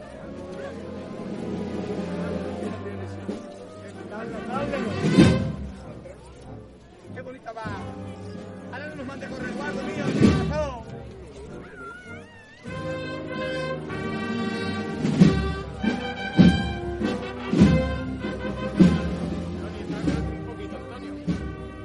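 The procession of María Santísima de Salud y Esperanza passes through the San Benito neighborhood, with sustained tones like a band playing and voices mixed in. Loud drum-like hits land around five and ten seconds, then come more often after fifteen seconds.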